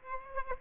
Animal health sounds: mosquito wingbeat signal from an infrared sensor; Aedes aegypti

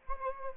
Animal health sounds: mosquito wingbeat signal from an infrared sensor; Anopheles gambiae

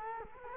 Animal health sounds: mosquito wingbeat signal from an infrared sensor; Culex quinquefasciatus

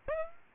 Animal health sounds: mosquito wingbeat signal from an infrared sensor; Aedes aegypti

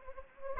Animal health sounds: mosquito wingbeat signal from an infrared sensor; Anopheles gambiae

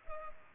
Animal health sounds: mosquito wingbeat signal from an infrared sensor; Culex pipiens

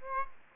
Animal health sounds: mosquito wingbeat signal from an infrared sensor; Aedes aegypti

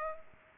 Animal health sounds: mosquito wingbeat signal from an infrared sensor; Culex pipiens

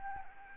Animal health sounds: mosquito wingbeat signal from an infrared sensor; Aedes albopictus

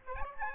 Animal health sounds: mosquito wingbeat signal from an infrared sensor; Aedes albopictus

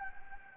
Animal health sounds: mosquito wingbeat signal from an infrared sensor; Anopheles gambiae

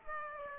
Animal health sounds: mosquito wingbeat signal from an infrared sensor; Aedes aegypti

